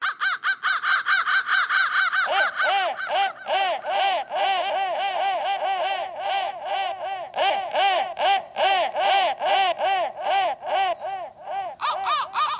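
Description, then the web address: Crow calling: fast, high caws at first, then lower, hoarser caws repeated in a steady run. "soundfactory crow"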